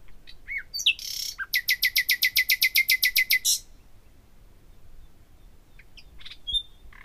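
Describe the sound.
Common nightingale song: a few sharp whistled notes, then a fast run of loud, buzzy repeated notes, followed by quiet with scattered soft chips.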